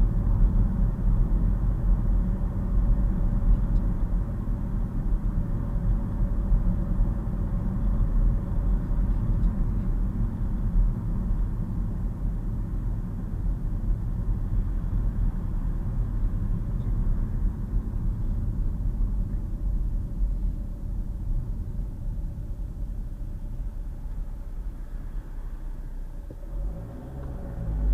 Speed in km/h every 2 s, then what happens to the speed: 44, 45, 44, 45, 44, 40, 37, 34, 29, 23, 16, 8, 2, 18.
0-7 steady at about 44. 7-23 slows to 2. 24-28 pulls away to 18.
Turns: none.